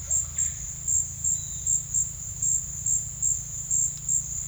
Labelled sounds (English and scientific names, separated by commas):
none